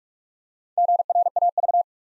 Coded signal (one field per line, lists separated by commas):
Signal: Morse code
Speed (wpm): 44 wpm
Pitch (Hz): 700 Hz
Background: none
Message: GRAV